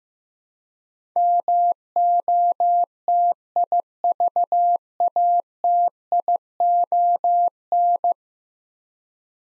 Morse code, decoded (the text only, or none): MOTIVATION